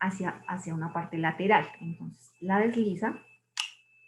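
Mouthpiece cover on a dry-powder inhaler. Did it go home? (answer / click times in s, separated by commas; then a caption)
yes / 3.6 s. Someone talks while sliding the plastic cover that protects the mouthpiece of a dry-powder inhaler sideways. A single sharp click sounds at 3.6 s, right between the words, as the cover clicks into its ready position. The click readies the dose, so the medicine is ready to use.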